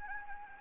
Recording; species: mosquito wingbeat signal from an infrared sensor; Anopheles gambiae